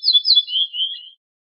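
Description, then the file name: Ortolan bunting sings a brief phrase, two or three high notes running into lower sustained tones. "suara kicauan ortolan"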